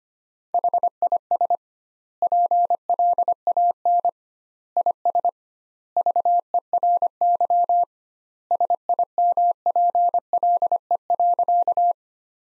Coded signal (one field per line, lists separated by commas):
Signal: Morse code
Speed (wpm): 25 wpm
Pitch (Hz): 700 Hz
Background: none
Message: HIS PLAN IS VERY SIMPLE.